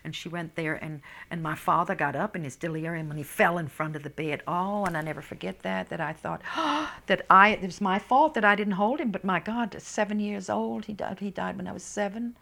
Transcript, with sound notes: And she went there, and my father got up in his delirium, and he fell in front of the bed. Oh, and I never forget that, that I thought, ( she gasps ) that it's my fault, that I didn't hold him. But my God, seven years old, he died when I was seven.